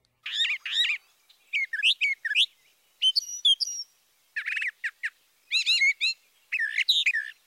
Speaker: listen to the brown thrasher, and remember to count the number of repetitions.